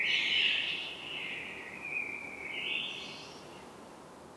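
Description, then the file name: Common blackbird voicing a long, smooth tonal sound that starts loud, dips, then rises again before fading out, with low hiss underneath. "Turdus merula"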